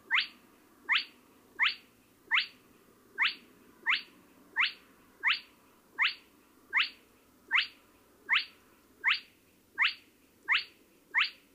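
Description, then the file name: Spotted crake calling: a sharp, upslurred whiplash note repeated steadily about every three-quarters of a second, sixteen times, over a faint low background hum. "porseleinhoen"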